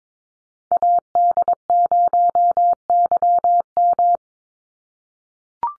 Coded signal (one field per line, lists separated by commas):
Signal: Morse code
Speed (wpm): 22 wpm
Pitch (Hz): 700 Hz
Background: none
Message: AD0YM